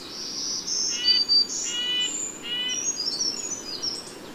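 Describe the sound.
Bird song: high thin whistled notes around the top of the range, mixed with short buzzy, harmonic-rich chirps repeated in small bursts, over a steady soft hiss.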